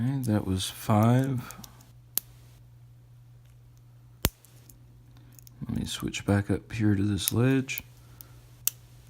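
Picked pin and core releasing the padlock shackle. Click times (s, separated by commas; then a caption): 8.7 s. A Mako 40mm padlock is picked with a pick and tensioner while someone talks about working the ledge pin. Sharp clicks sound at about 2.2 s and 4.3 s. At 8.7 s a final sharp click comes as the pin sets and the core turns, and the shackle pops open.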